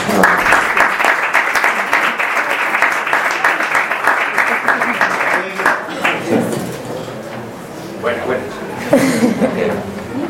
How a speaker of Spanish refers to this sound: Un fuerte aplauso para él.